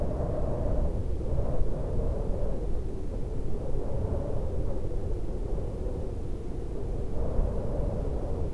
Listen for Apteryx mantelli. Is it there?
no